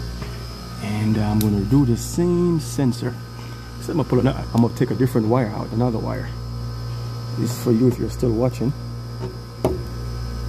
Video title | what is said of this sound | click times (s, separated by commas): HVAC LOW/HIGH PRESSURE TRANSDUCERS - SPRING CLAMP TB | Same thing, you push that in till you hear the click. | 9.6 s